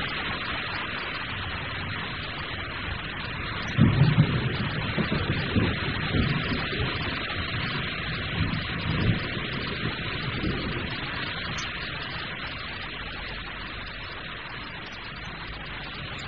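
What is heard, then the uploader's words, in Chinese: Steady hiss of rain throughout, with a low rolling rumble of thunder swelling around four seconds and again near nine, then fading. 自然·白噪音 - 雨中雷。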